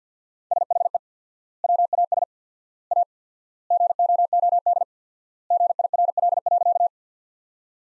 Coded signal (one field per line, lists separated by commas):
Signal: Morse code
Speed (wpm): 50 wpm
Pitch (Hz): 700 Hz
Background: none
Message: SHE WAS A GOOD GIRL.